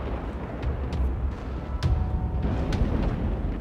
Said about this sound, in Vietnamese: Đại trưởng lão hừ lạnh, lôi quang quanh thân tỏa ra, trông chỉ trong một thoáng tựa như là lôi thần giáng thế vậy, đánh thẳng tới Khâu Lỗi. Những tiếng sấm chớp đùng đùng vang lên.